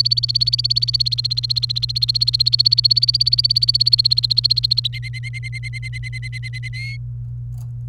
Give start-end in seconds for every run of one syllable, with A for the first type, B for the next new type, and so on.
0.00-4.88 A, 4.93-6.68 B, 6.73-6.96 C